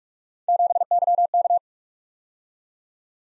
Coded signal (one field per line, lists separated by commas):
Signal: Morse code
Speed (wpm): 51 wpm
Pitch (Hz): 700 Hz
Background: none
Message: 7YK